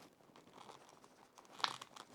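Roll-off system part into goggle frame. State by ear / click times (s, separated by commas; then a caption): not seated / none. A plastic roll-off system part is worked against a goggle frame as someone struggles to fit it in, giving soft crinkly rustling and handling noise. A few sharp plastic ticks come near the end, the loudest at about 1.6 s. Nothing has seated or clicked into place yet.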